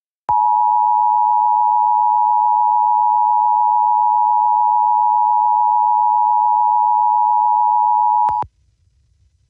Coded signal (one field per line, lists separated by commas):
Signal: Emergency Alert System (SAME) tones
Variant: 853 and 960 Hz attention tone